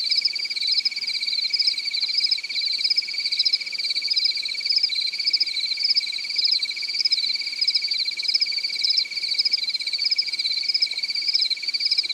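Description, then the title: Cricket singing a constant shrill trill of fast pulses, rhythmically swelling. "AnimalCricket"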